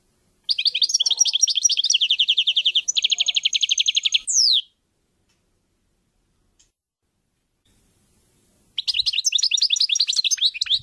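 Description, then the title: European goldfinch singing a rapid series of repeated chirping trills and a falling slurred note, then silence, then more quick twittering. "Chant Chardonneret"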